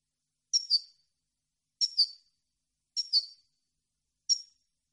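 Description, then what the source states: European goldfinch giving sharp twinkling two-part chirps, four bursts spaced roughly a second apart, nothing else audible. Clean song on CD, for birds to copy as song training.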